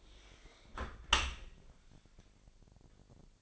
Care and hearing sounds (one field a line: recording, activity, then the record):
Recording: daily activity, microphone in the room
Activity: close dishwasher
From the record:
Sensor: 5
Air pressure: 1000.6 hPa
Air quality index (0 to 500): 248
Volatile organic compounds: 35 ppm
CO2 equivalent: 3057 ppm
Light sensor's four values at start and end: 31/71/28/26 and 31/71/28/26